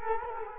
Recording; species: mosquito wingbeat signal from an infrared sensor; Culex quinquefasciatus